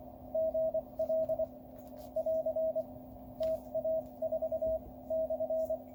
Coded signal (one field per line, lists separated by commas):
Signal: Morse code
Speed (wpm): 24 wpm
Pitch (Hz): 640 Hz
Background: radio noise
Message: GL <AR> TA4/